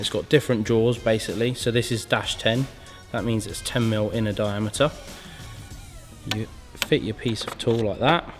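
Someone talks over background music while handling a dash 10 (10 mm diameter) size insert, fitting it into a hose end fitting assembly tool. Nothing has seated or clicked yet.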